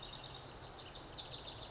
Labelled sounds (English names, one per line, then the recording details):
Lazuli Bunting
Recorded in Sonoma County, California